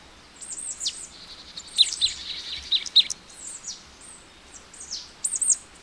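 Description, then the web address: Marsh tit calling with a run of high, clipped notes mixed with brief buzzy chatter, irregularly repeated. "agykontroll Madardalok Cd 1. Barátcinege"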